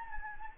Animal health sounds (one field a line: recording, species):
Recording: mosquito wingbeat signal from an infrared sensor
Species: Anopheles gambiae